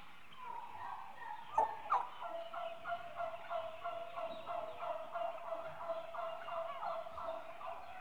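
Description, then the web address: Turkeys giving a rapid, evenly repeated series of short yelps, about three per second, after two sharp clicks near the start. 8-month-old domestic turkeys, a group of mostly hens, livestock. "BBC Sound Effects Library. 8 Month Old Turkeys- Mostly Hens"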